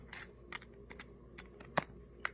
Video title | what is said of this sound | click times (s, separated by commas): OtterBox DEFENDER SERIES SCREENLESS EDITION Case Review, Very Protective with Useful Features | and you'll hear it click into place if you can hear the snapping or not then just go all around the oh | 1.8 s, 2.2 s